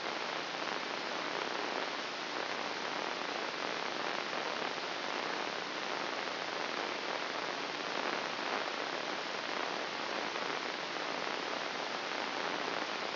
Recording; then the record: brain microelectrode recording played as sound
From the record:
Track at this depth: inside the subthalamic nucleus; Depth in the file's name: 4.908 mm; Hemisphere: left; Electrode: 2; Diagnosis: Parkinson's disease